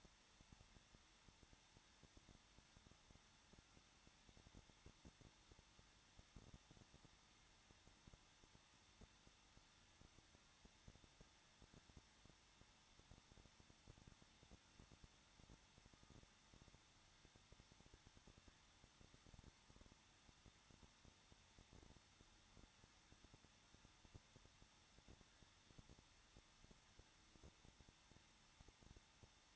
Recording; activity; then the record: daily activity, microphone in the room; no activity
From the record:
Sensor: 3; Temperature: 21.2 degrees Celsius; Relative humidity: 36.4%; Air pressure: 1006.3 hPa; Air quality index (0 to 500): 223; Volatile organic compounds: 44 ppm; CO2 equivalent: 3204 ppm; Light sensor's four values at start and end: 2/3/2/2 and 2/3/2/2